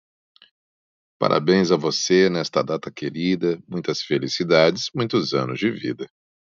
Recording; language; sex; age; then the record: short text; Brazilian Portuguese; male; 40 to 49 years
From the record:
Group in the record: control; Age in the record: 43 years